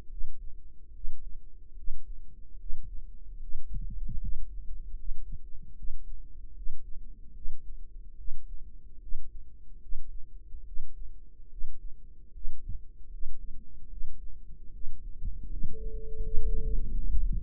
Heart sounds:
heart sounds by microphone in the right ear; 75 bpm
0.09 s: heartbeat
0.92 s: heartbeat
1.75 s: heartbeat
2.58 s: heartbeat
3.39 s: heartbeat
4.19 s: heartbeat
4.96 s: heartbeat
5.75 s: heartbeat
6.54 s: heartbeat
7.33 s: heartbeat
8.16 s: heartbeat
8.99 s: heartbeat
9.80 s: heartbeat
10.64 s: heartbeat
11.49 s: heartbeat
12.32 s: heartbeat
13.10 s: heartbeat
13.89 s: heartbeat
14.72 s: heartbeat
15.48 s: heartbeat
16.20 s: heartbeat
16.93 s: heartbeat
From the record:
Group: healthy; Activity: rest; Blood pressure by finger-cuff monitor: 98/63 mmHg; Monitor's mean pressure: 73 mmHg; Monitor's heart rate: 73 bpm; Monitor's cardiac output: 5.8 L/min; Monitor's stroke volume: 80 mL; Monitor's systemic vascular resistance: 890 dyn s/cm5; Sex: female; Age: 22 years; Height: 163 cm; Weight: 67.1 kg

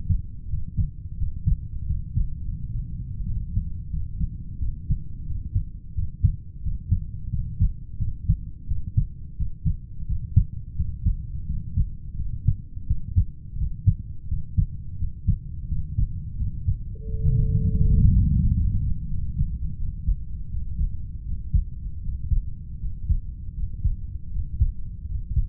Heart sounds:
heart sounds by stethoscope; 85 bpm
0.48 s: heartbeat
1.17 s: heartbeat
1.85 s: heartbeat
2.42 s: heartbeat
3.23 s: heartbeat
3.89 s: heartbeat
4.58 s: heartbeat
5.25 s: heartbeat
5.94 s: heartbeat
6.61 s: heartbeat
7.29 s: heartbeat
7.97 s: heartbeat
8.66 s: heartbeat
9.36 s: heartbeat
10.06 s: heartbeat
10.75 s: heartbeat
11.45 s: heartbeat
12.15 s: heartbeat
12.86 s: heartbeat
13.56 s: heartbeat
14.27 s: heartbeat
14.97 s: heartbeat
15.67 s: heartbeat
16.36 s: heartbeat
17.04 s: heartbeat
17.72 s: heartbeat
18.39 s: heartbeat
19.07 s: heartbeat
19.77 s: heartbeat
20.49 s: heartbeat
21.24 s: heartbeat
22.01 s: heartbeat
22.79 s: heartbeat
23.54 s: heartbeat
24.30 s: heartbeat
25.06 s: heartbeat
From the record:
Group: heart failure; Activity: rest 0-23 s, breath hold 23-26 s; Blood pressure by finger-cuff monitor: 80/49 mmHg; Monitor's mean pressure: 56 mmHg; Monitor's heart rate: 85 bpm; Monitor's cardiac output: 6.9 L/min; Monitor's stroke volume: 82 mL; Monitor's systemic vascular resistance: 560 dyn s/cm5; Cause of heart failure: idiopathic cardiomyopathy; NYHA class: 2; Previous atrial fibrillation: present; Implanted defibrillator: present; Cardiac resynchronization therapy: present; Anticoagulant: warfarin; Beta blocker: metoprolol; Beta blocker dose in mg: 50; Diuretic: furosemide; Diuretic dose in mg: 40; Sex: male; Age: 62 years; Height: 184 cm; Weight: 101 kg

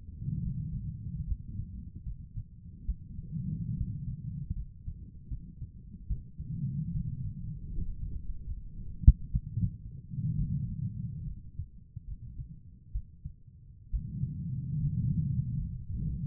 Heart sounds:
heart sounds by stethoscope; 71 bpm
0.42 s: heartbeat
1.26 s: heartbeat
2.04 s: heartbeat
2.87 s: heartbeat
3.76 s: heartbeat
4.54 s: heartbeat
5.29 s: heartbeat
6.08 s: heartbeat
6.93 s: heartbeat
7.69 s: heartbeat
8.46 s: heartbeat
9.32 s: heartbeat
10.37 s: heartbeat
11.25 s: heartbeat
12.06 s: heartbeat
12.93 s: heartbeat
13.91 s: heartbeat
14.79 s: heartbeat
15.56 s: heartbeat
From the record:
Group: healthy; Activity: rest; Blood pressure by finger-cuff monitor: 112/65 mmHg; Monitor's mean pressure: 77 mmHg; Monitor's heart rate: 72 bpm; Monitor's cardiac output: 5.9 L/min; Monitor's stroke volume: 82 mL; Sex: female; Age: 36 years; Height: 163 cm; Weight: 88 kg

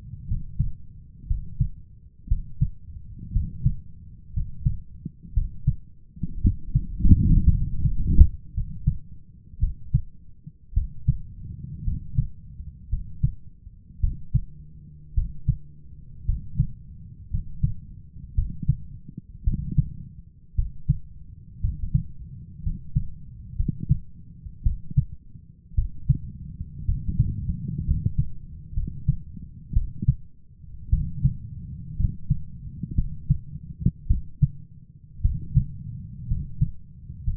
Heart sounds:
heart sounds by stethoscope; 57 bpm
0.27 s: heartbeat
1.26 s: heartbeat
2.27 s: heartbeat
3.32 s: heartbeat
4.32 s: heartbeat
5.33 s: heartbeat
6.40 s: heartbeat
7.50 s: heartbeat
8.53 s: heartbeat
9.59 s: heartbeat
10.73 s: heartbeat
11.83 s: heartbeat
12.88 s: heartbeat
13.99 s: heartbeat
15.13 s: heartbeat
16.24 s: heartbeat
17.29 s: heartbeat
18.34 s: heartbeat
19.43 s: heartbeat
20.54 s: heartbeat
21.60 s: heartbeat
22.62 s: heartbeat
23.55 s: heartbeat
24.62 s: heartbeat
25.74 s: heartbeat
26.84 s: heartbeat
27.84 s: heartbeat
28.73 s: heartbeat
29.72 s: heartbeat
30.89 s: heartbeat
31.95 s: heartbeat
32.94 s: heartbeat
34.06 s: heartbeat
35.21 s: heartbeat
36.27 s: heartbeat
37.23 s: heartbeat
From the record:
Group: healthy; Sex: male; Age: 23 years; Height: 178 cm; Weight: 96.6 kg

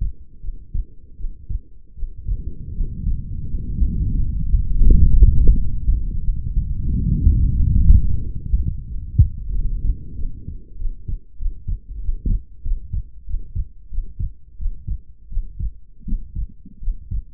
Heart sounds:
heart sounds by stethoscope; 88 bpm
0.40 s: heartbeat
1.16 s: heartbeat
1.94 s: heartbeat
2.73 s: heartbeat
3.47 s: heartbeat
4.19 s: heartbeat
4.88 s: heartbeat
5.53 s: heartbeat
6.22 s: heartbeat
6.90 s: heartbeat
7.56 s: heartbeat
8.20 s: heartbeat
8.87 s: heartbeat
9.51 s: heartbeat
10.15 s: heartbeat
10.77 s: heartbeat
11.38 s: heartbeat
12.01 s: heartbeat
12.63 s: heartbeat
13.26 s: heartbeat
13.90 s: heartbeat
14.58 s: heartbeat
15.29 s: heartbeat
16.05 s: heartbeat
16.80 s: heartbeat
From the record:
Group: healthy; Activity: rest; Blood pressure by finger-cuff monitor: 105/72 mmHg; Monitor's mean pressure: 87 mmHg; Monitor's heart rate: 91 bpm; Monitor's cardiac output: 7.4 L/min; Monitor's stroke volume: 81 mL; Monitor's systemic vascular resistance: 860 dyn s/cm5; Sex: female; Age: 22 years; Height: 160 cm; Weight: 45 kg

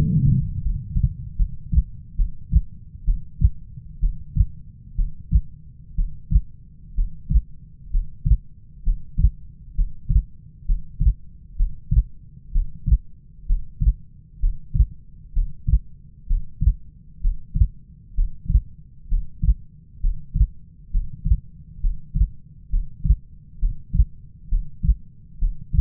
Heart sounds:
heart sounds by stethoscope; 65 bpm
0.62 s: heartbeat
1.37 s: heartbeat
2.16 s: heartbeat
3.05 s: heartbeat
4.00 s: heartbeat
4.96 s: heartbeat
5.95 s: heartbeat
6.95 s: heartbeat
7.91 s: heartbeat
8.83 s: heartbeat
9.75 s: heartbeat
10.65 s: heartbeat
11.56 s: heartbeat
12.52 s: heartbeat
13.46 s: heartbeat
14.40 s: heartbeat
15.33 s: heartbeat
16.27 s: heartbeat
17.21 s: heartbeat
18.14 s: heartbeat
19.08 s: heartbeat
20.00 s: heartbeat
20.91 s: heartbeat
21.80 s: heartbeat
22.70 s: heartbeat
23.59 s: heartbeat
24.48 s: heartbeat
25.38 s: heartbeat
From the record:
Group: healthy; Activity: Valsalva maneuver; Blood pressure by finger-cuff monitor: 141/68 mmHg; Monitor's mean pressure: 87 mmHg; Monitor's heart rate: 65 bpm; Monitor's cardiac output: 5.8 L/min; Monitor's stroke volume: 88 mL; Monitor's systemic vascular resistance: 1090 dyn s/cm5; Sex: female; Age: 37 years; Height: 168 cm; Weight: 70 kg

